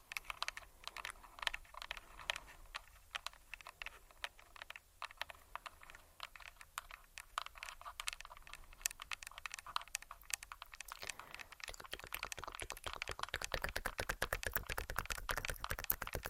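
Long fingernails tap and click on a hard plastic device, producing crisp, bright ticks. The tapping is irregular and moderately dense at first, then becomes faster and busier from about twelve seconds on, with a faint whispery mouth-click texture underneath.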